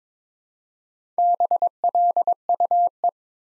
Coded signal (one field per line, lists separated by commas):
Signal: Morse code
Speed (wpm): 22 wpm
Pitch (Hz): 700 Hz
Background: none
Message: BLUE